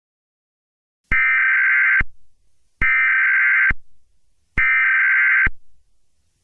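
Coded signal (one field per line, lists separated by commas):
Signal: Emergency Alert System (SAME) tones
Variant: header bursts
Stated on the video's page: Fictional EAS scenario, simulated alert.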